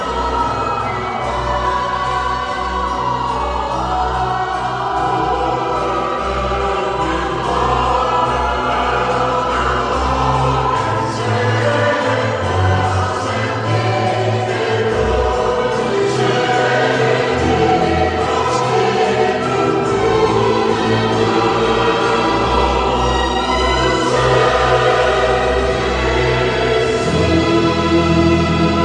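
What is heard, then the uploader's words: Inside the Duomo in Siena, full sustained chords ring out at a steady, unbroken level for the whole stretch. Deep bass notes hold for several seconds and then shift, while higher tones layer above them, with a brighter swell around the twenty-five second mark. Duomo, Siena, Italy.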